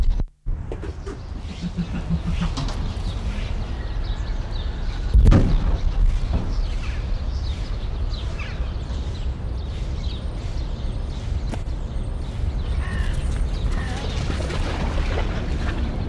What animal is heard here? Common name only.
Sika Deer